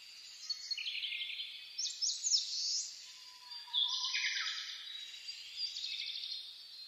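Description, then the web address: Birds: bird dawn chorus: a dense blend of bright trills and twittering phrases from several singers, a faint low whistle sliding beneath them. Dawn chorus (reimei) recorded 10 May 2010. "reimei -saezuri-20100510"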